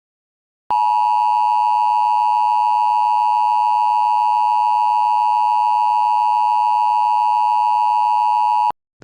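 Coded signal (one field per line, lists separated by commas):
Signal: Emergency Alert System (SAME) tones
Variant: 853 and 960 Hz attention tone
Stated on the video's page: Mock EAS alert, a fictional missing-person scenario, not a real broadcast.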